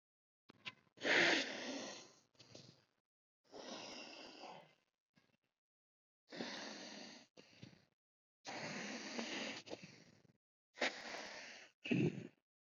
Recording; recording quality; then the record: deep breathing; excellent, no background noise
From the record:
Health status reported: COVID-19 positive, moderate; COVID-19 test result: positive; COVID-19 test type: RT-PCR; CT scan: not taken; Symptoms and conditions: cough, cold, sore throat, fever, fatigue, muscle pain, another condition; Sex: female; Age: 28 years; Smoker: no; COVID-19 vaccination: both doses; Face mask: worn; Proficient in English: yes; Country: India